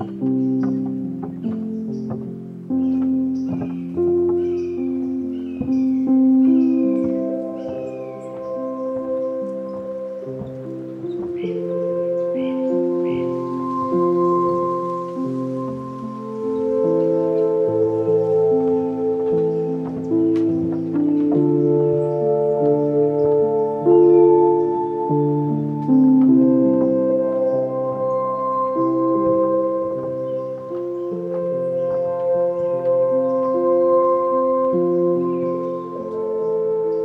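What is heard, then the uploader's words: Lettuce Lakes in Corkscrew Swamp's old bald cypress grove carries a dense, unbroken layer of overlapping tonal calls, low to mid in pitch, shifting up and down throughout. Quick, brighter chirps cluster in the first several seconds and recur sparsely later. Corkscrew Swamp Sanctuary, just outside of Naples Florida. This is the Lettuce Lakes area, the beating heart of the ancient bald cypress grove. The Corkscrew Swamp Sanctuary boardwalk leads visitors through a gentle and pristine wetland wilderness.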